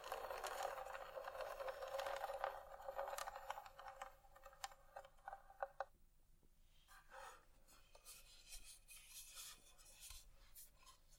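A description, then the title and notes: Scratching sounds, dense and scratchy at first, with quick rough strokes that are loudest through the first four seconds. Around six seconds the activity thins into sparser, softer taps and brief scrapes that come in irregular bursts until the end. ASMR Scratching.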